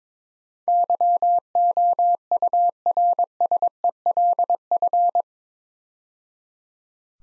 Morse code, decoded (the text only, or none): YOURSELF